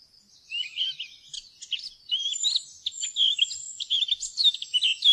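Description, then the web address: Eurasian blackcap delivering a continuous, hurried warble of mixed chirps and whistled notes, steadily varied. "fuglelyder- munk"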